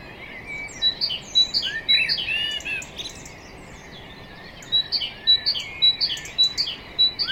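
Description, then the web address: Common blackbird calls: bright chirps and short sliding notes in a busy opening burst, a pause, then another run of sharp repeated chirps over soft hiss. "SETE data Turdus merula"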